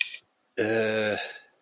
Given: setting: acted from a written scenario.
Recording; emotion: vocal sound without words; embarrassment